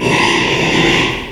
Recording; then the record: squeal of a Yucatan mini pig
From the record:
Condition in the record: after surgery on the right vocal fold (resection and tissue-engineered implant); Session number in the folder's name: 1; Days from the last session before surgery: 6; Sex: male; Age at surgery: 12 weeks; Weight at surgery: 13 kg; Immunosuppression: cyclosporine, prednisolone